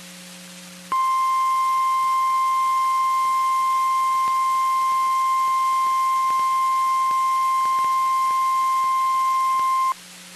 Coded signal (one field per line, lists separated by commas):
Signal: Emergency Alert System (SAME) tones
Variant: 1050 Hz attention tone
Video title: Tornado Warning| EAS #86